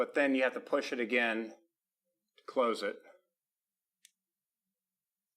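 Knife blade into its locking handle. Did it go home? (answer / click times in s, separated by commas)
yes / 4.1 s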